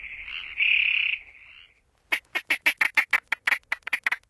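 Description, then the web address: Texas toad calling: a steady buzzing trill held for over a second, then after a short gap a fast series of clipped, raspy pulses. "Songs of Frogs Toads of North America. Texas Toad"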